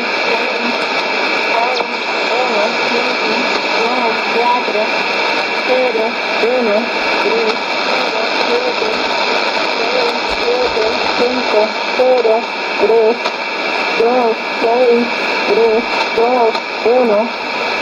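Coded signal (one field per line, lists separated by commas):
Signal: numbers station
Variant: HM01, Spanish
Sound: a voice reading short evenly spaced words, likely numbers, over shortwave static and steady hum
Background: radio static, steady tones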